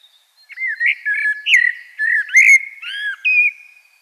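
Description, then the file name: Common blackbird song: a continuous run of smooth, fluty, slurred whistles, rising and falling, lasting a few seconds. "Turdus merula"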